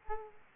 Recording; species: mosquito wingbeat signal from an infrared sensor; Aedes aegypti